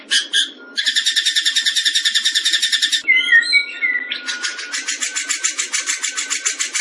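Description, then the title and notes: White-rumped shama song: short chip notes, then a long fast buzzing rattle, a brief cluster of clear whistled slurs, and another rapid rattle. Described as singing actively (gacor); said to be used by champion birds. "Masteran Murai Yang Di Pakai Semua Burung Juara - Masteran murai Khusus Burung Juara. Murai Batu Gacor"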